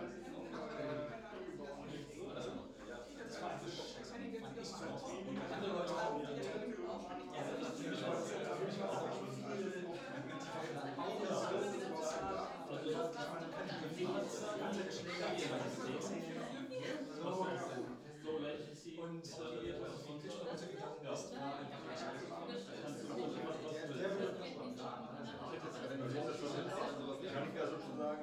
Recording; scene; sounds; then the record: everyday scene through a hearing-aid microphone; many people talking; many voices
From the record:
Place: bistro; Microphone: in the ear canal, left